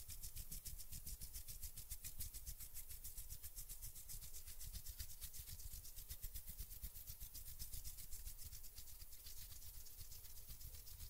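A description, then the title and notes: Hand sounds made as a fast, even run of rubbing or brushing strokes, packed so tightly they blur into a continuous hiss with a low rumble underneath. The pace and loudness stay nearly constant for the full eleven seconds, with no pauses. ASMR RELAXING HAND SOUNDS - NO TALKING.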